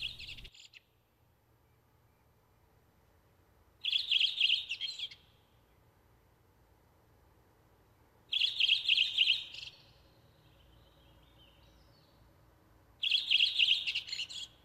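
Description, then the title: Redwing singing brief, high, rapid phrases at steady intervals of about four to five seconds. "Viikon luontoääni: Punakylkirastas"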